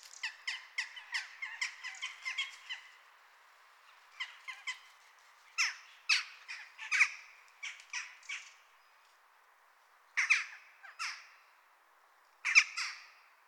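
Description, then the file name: Bird chirps, harsh and buzzy, delivered in quick bursts of several notes with short gaps between them, ending in a few sharper single calls. "Cuicui"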